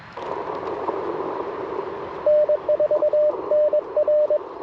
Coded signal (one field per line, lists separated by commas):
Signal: Morse code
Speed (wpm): 21 wpm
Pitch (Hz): 600 Hz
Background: radio noise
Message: N4NR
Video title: Morning Morse Code - 05/01/2025